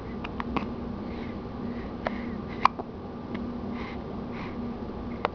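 Several brief, sharp click-like bursts come at uneven intervals over about five seconds, against a quiet room with a steady low hum. These are a child's hiccups, the abrupt catch of breath as the diaphragm spasms and the vocal cords snap shut.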